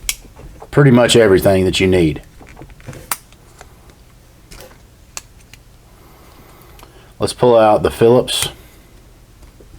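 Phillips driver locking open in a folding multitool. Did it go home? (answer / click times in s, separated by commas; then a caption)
no / none. Someone talks while handling a Gerber Crucial folding multitool, starting to swing the Phillips driver out so its steel liner lock can snap behind it and lock it open. Short, sharp handling ticks are heard between the speech, near 0.1, 3.1 and 5.2 seconds. Nothing has seated or clicked yet; the clip ends before the driver locks.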